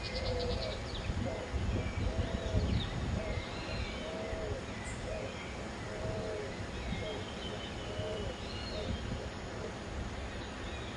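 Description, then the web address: Spot-winged pigeon cooing: short, low hollow notes delivered in an uneven sequence, mixed with busy higher-pitched chattering and whistled calls of other birds and background noise. "cantos palomancha"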